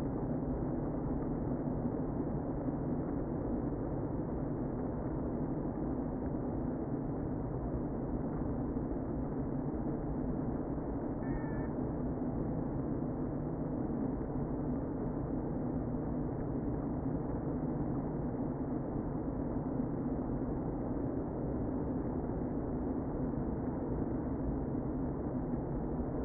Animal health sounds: honeybee colony, microphone inside the hive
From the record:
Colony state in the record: queen present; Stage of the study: before two queens were removed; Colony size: about 60,000 bees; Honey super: yes

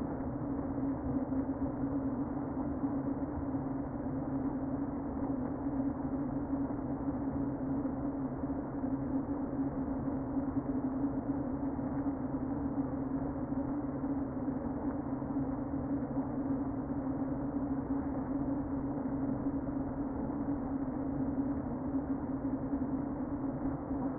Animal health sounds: honeybee colony, microphone inside the hive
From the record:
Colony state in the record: queen present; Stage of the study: before two queens were removed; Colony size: about 60,000 bees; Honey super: yes

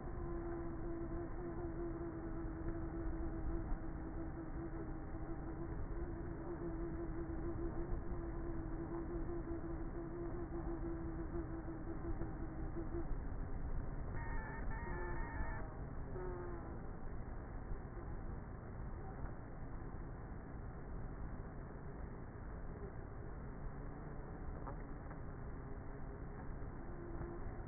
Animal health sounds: honeybee colony, microphone inside the hive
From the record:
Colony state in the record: queenless with a low population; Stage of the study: before two queens were removed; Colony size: about 30,000 bees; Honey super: no

